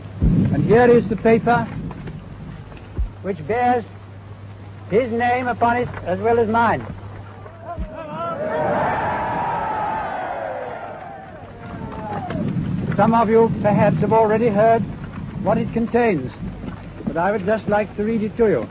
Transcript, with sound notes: and here is the paper which bears his name upon it, as well as mine. [More cheers.] Some of you perhaps have already heard what it contains, but I would just like to read it to you.